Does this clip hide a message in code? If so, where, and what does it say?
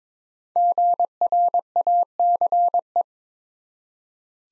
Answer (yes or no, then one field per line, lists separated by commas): yes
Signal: Morse code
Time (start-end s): 0.6-3.0 s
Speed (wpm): 22 wpm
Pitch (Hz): 700 Hz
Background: none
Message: GRACE